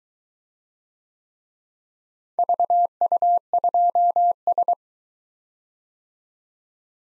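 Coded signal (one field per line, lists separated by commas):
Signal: Morse code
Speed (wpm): 23 wpm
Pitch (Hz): 700 Hz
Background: none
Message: VU2S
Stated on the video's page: Morse practice of four-character letter-number groups in a speed-racing format, starting fast and slowing to a 17 wpm base, final repeat at maximum speed.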